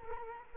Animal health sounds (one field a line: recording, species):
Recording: mosquito wingbeat signal from an infrared sensor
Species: Culex quinquefasciatus